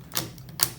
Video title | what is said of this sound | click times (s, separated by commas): Upgrade RAM dan SSD di Laptop ASUS S410UF - Super Slim tapi Spek dewa ROG | Tuh, saya udah bunyi klik semua. | 0.2 s, 0.6 s